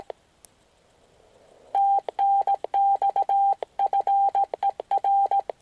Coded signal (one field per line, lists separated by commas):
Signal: Morse code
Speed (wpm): 18 wpm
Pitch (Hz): 790 Hz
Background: none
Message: TNX FER